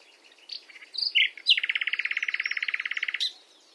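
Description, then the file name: Common nightingale song: a few chirps and squeaky notes lead into a fast, steady rattling trill of many rapid pulses, closing with a sharp high note. "Luscinia megarhynchos"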